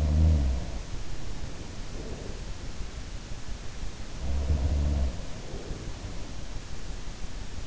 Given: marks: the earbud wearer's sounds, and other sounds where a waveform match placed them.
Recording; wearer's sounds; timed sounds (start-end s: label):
sounds in sleep by an in-ear microphone; breath
0.00-0.85 s: sound from someone else or the room
1.14-2.51 s: breath
4.07-6.54 s: sound from someone else or the room
4.94-6.54 s: breath